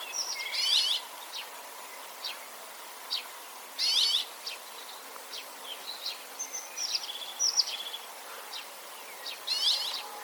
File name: Passera Lagia